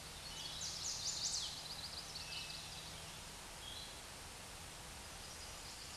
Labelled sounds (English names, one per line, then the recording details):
Chestnut-sided Warbler song
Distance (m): 30 m
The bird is about 5 m above the microphone
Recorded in a Pennsylvania forest on 16 May 2024 at 08:10
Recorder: AudioMoth, point MSD-2142
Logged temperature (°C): 16.7 °C
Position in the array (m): 16 m, 26 m